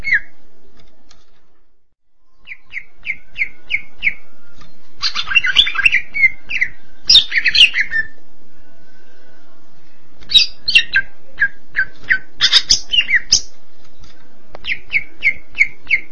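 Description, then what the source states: Greater green leafbird: cucak ijo singing: series of short repeated whistled notes alternating with dense, loud warbling bursts of varied sweeping notes, the note series returning near the end. Long-duration chirping song.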